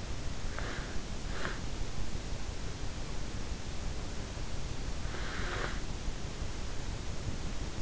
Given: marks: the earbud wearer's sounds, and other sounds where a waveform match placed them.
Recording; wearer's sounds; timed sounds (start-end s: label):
sounds in sleep by an in-ear microphone; breath
0.00-0.89 s: breath
1.16-1.92 s: breath
4.59-5.87 s: breath